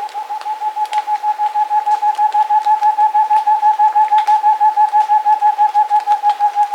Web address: Natures Songs S America Andean Birds Rufescent Screech-Owl (Otus Ingens)